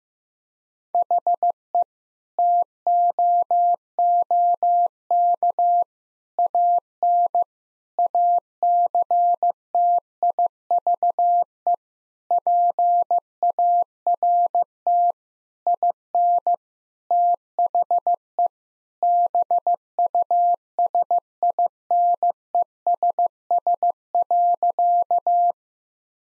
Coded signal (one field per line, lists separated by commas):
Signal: Morse code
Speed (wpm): 15 wpm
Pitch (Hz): 700 Hz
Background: none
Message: HE TOOK AN ACTIVE PART IN THE BUSINESS.